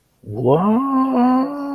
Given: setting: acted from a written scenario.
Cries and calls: vocal sound without words; negative surprise

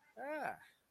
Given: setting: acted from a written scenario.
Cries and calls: vocal sound without words; contentment

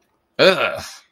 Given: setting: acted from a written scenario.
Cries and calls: vocal sound without words; disgust

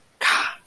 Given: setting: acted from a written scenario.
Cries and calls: vocal sound without words; shame

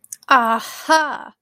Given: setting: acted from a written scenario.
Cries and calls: vocal sound without words; realization

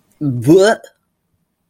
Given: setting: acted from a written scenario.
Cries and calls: vocal sound without words; disgust

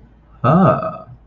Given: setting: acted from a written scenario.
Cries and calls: vocal sound without words; interest

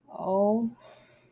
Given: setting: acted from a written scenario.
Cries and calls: vocal sound without words; sympathy

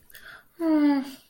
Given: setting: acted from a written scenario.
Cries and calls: vocal sound without words; distress

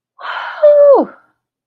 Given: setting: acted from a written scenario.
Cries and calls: vocal sound without words; triumph

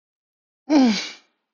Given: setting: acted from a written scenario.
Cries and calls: vocal sound without words; elation

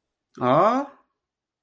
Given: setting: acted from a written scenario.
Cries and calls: vocal sound without words; confusion

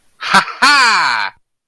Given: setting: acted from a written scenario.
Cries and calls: vocal sound without words; elation

